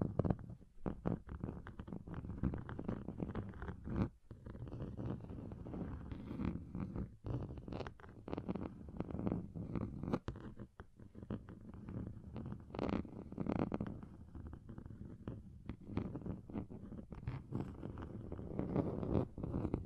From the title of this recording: Table Scratching Different Surfaces